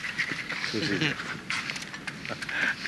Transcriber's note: laughs